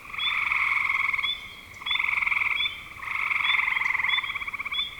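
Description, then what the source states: Frog chorus of pulsed, buzzy trills in long bursts, with a few quick chirps above. Frogs calling in spring 2025.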